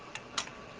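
The steel bolt head of a CETME rifle is rotated clockwise on its bolt carrier, and a faint tick at 0.2 s is followed by a sharper click at 0.4 s as it seats into its second detent position. The second click is the loudest sound in the clip, and the bolt head is seated at that detent.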